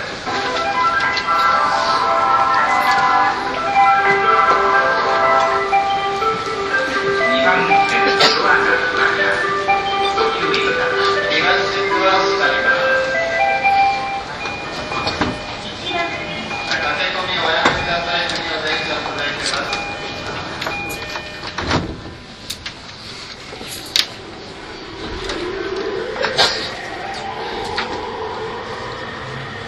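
A commuter train runs its loop line, and a chiming melody with a spoken announcement fills the first fifteen seconds. After that the tune stops. Steady train rumble continues under sharp clicks and clunks, and a rising whine from the motors near the end.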